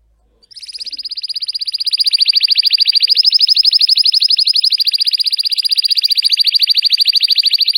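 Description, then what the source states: Canary song: a quick, steady roll of high notes starting softly and swelling louder, continuing without a break to the end. Belgian canary of red frosted colour variety; singing.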